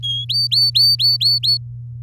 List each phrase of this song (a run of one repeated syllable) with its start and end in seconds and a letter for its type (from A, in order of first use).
0.03-0.25 A, 0.29-1.57 B